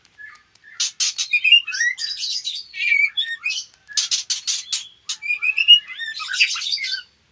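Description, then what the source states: White-rumped shama phrases: harsh buzzy rattles mixed with fast whistled slides and chirps. Female.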